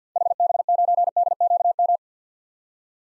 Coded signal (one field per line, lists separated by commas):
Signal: Morse code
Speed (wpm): 45 wpm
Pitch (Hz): 700 Hz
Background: none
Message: HB9DQM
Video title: 2023 SOTA Activator Call Signs - 50wpm